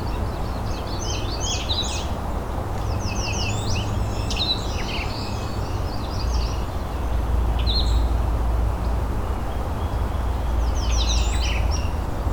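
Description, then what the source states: Gray Catbird delivering bursts of varied squeaky, chattering phrases with pauses between them, over steady low-pitched background rumble. Calling close to the recordist.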